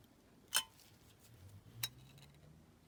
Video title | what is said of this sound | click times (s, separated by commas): BMC Mini - Paddy Hopkirk 1964 Monte Carlo Rally - Die Cast Restoration- #diecast #diecastcollector | And clicks into place perfectly. | 1.8 s